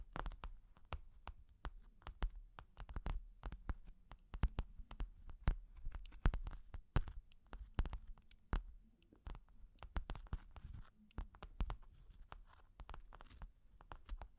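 Long claws tap and scratch in a quick, irregular patter, sharp clicks coming several times a second with brief pauses between clusters. Some taps land harder and brighter than others, and a soft low rumble sits underneath throughout.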